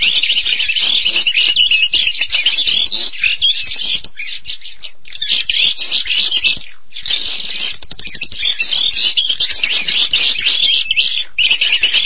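Starling song, a dense run of harsh, buzzy, high chattering and whistled notes that continues almost nonstop, with brief breaks near five and seven seconds.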